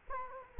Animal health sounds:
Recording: mosquito wingbeat signal from an infrared sensor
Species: Culex quinquefasciatus

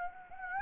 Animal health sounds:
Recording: mosquito wingbeat signal from an infrared sensor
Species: Anopheles gambiae

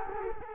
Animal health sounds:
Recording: mosquito wingbeat signal from an infrared sensor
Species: Culex quinquefasciatus

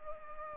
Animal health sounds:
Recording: mosquito wingbeat signal from an infrared sensor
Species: Culex pipiens

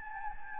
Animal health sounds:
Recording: mosquito wingbeat signal from an infrared sensor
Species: Anopheles gambiae

